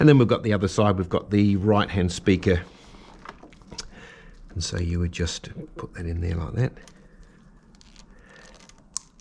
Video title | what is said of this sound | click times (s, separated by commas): Harley-Davidson Ultra Classic Tour-Pak Quick Disconnect Wiring Loom | Nice little satisfying click. | 9.0 s